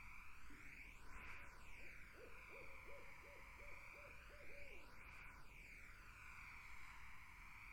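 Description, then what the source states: Barred owl delivering roughly ten quick, evenly spaced hoots in about three seconds, backed by a steady insect drone. Barred owls, more than one, in a summer wetland.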